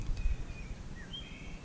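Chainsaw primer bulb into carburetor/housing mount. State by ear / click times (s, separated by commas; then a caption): not seated / none. A primer bulb (purge pump) on an Echo CS-346 chainsaw is lined up so its fuel-line fittings and plastic clips match the carburetor/housing mount before being pushed home. Only faint handling sounds near 0.0 s and 0.2 s are heard over steady low background noise with a few thin high tones. Nothing has seated or clicked yet.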